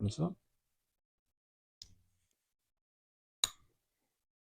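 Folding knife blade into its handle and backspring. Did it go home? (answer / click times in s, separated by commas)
yes / 3.4 s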